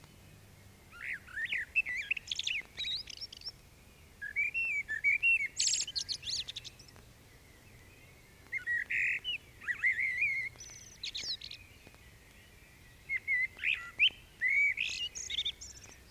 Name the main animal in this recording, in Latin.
Turdus merula